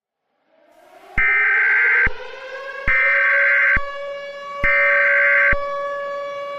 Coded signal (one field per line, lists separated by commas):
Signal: Emergency Alert System (SAME) tones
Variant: header bursts